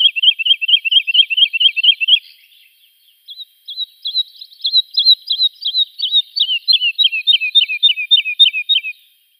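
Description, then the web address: Woodlark singing a series of clear, evenly spaced looping notes, a pause, then a softer phrase building into a rapidly repeated series of descending notes. "Schulze Peter Wood Lark song"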